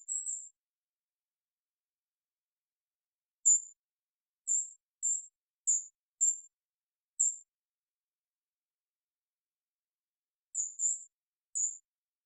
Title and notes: GoldenCrowned Kinglet Calls. Golden-crowned Kinglet, Regulus satrapa, calls, parabolic single-species recording, processed for clarity, natural pace and rhythym maintained Recorded in the beautiful Pacific Northwest in Washington, Unister States